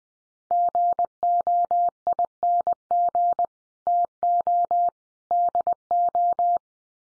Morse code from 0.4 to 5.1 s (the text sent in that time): GOING TO